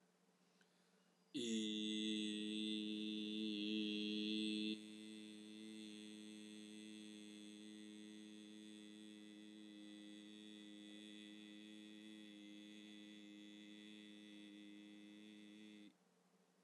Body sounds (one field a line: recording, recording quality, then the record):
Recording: sustained vowel as in beet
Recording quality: excellent, no background noise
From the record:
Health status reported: healthy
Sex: male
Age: 25 years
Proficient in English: yes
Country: India